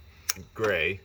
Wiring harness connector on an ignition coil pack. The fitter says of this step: there you go so there's there's the click that you just heard and then you just kind of pull it out there it goes